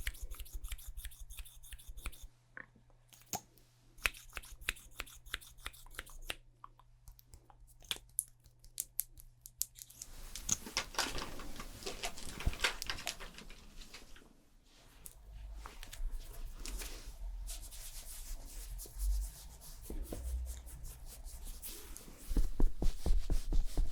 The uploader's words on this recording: ASMR Doing Your MINT Makeup (Fast & Aggressive Layered Sounds) NO TALKING.